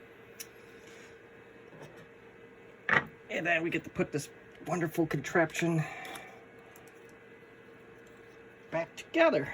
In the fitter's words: like so, and it should just snap right in.